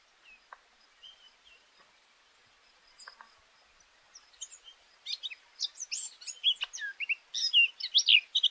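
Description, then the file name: Eurasian blackcap song: a few faint, sparse notes give way after five seconds to loud, varied, high scratchy and fluting warbles that continue to the end. "blackcap"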